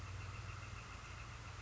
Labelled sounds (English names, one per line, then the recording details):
Northern Flicker
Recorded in Sonoma County, California